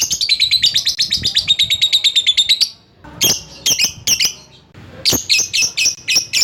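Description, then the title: Lovebird calls: a fast run of sharp high chirps for over two seconds, then short clustered bursts of shrill chirps after a brief pause. Lovebird calling a rival. "Lovebird Memanggil Lawan"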